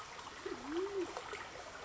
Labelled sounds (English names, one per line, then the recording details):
Band-tailed Pigeon
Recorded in Sonoma County, California